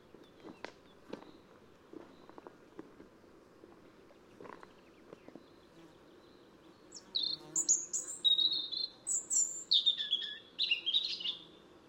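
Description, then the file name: European robin singing a high, jumbled phrase of thin whistles and twitters after several seconds of faint scattered clicks and low background hum. "Erithacus rubecula"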